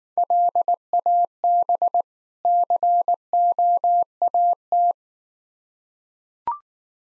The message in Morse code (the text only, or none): LAB COAT